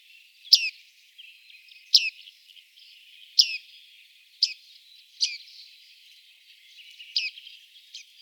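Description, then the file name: Bearded reedling giving ringing 'ping' notes, each a quick downward twang, at irregular intervals over faint high chatter. "Bartmeise"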